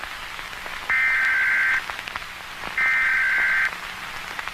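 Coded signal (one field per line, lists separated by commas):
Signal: Emergency Alert System (SAME) tones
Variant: header bursts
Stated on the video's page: Mock EAS scenario set in Costa Rica 1973.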